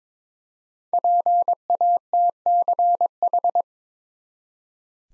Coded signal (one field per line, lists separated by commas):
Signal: Morse code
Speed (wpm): 22 wpm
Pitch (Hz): 700 Hz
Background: none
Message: PATCH